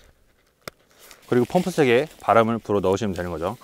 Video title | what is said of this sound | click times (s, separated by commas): 20만 원대 야외에서도 편안한 잠자리를 위한 필수템 삼계절용 초경량 백패킹 에어매트 써머레스트 네오에어 우버라이트(윙락 밸브) 미디엄/ 라지 스펙 비교 리뷰 | 홈 부분을 맞춰서 딱 소리가 나게끔 살짝 결합해 주시면 됩니다 | 0.7 s